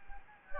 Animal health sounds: mosquito wingbeat signal from an infrared sensor; Anopheles gambiae

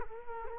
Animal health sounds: mosquito wingbeat signal from an infrared sensor; Culex quinquefasciatus

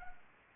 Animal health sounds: mosquito wingbeat signal from an infrared sensor; Anopheles arabiensis

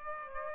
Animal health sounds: mosquito wingbeat signal from an infrared sensor; Aedes aegypti

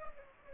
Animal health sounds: mosquito wingbeat signal from an infrared sensor; Aedes aegypti

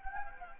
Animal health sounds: mosquito wingbeat signal from an infrared sensor; Anopheles gambiae

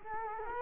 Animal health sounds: mosquito wingbeat signal from an infrared sensor; Culex quinquefasciatus

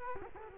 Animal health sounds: mosquito wingbeat signal from an infrared sensor; Culex quinquefasciatus

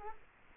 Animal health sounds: mosquito wingbeat signal from an infrared sensor; Culex quinquefasciatus

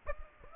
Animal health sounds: mosquito wingbeat signal from an infrared sensor; Aedes aegypti

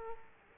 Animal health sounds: mosquito wingbeat signal from an infrared sensor; Aedes aegypti

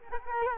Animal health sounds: mosquito wingbeat signal from an infrared sensor; Culex quinquefasciatus

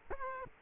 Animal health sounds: mosquito wingbeat signal from an infrared sensor; Culex quinquefasciatus

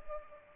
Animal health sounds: mosquito wingbeat signal from an infrared sensor; Culex pipiens

